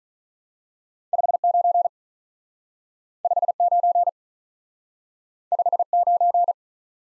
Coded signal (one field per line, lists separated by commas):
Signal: Morse code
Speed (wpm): 47 wpm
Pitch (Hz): 700 Hz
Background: none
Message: 5 9 5 9 5 9